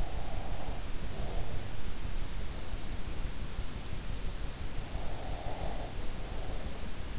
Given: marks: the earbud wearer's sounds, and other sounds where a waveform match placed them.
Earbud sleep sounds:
sounds in sleep by an in-ear microphone; breath
0.00-1.91 s: breath
4.83-7.02 s: breath

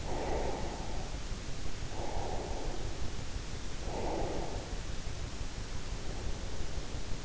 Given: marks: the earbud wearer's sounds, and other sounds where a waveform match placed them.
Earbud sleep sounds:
sounds in sleep by an in-ear microphone; breath
0.00-2.60 s: breath
3.73-6.85 s: breath

